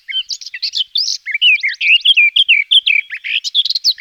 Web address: gesang. roche. gartengrasmuecke